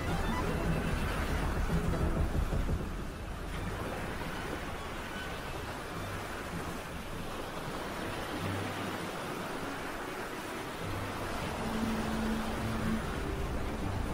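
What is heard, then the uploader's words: Pirate ship ambience: a steady, dense wash of rushing water and wind, with low rumbling swells underneath. It is louder in the first three seconds, then settles slightly quieter and even. Brief low tonal creaks surface now and then, one around twelve seconds. Pirate ship ambience. Storm. Sea waves. Ship creaking.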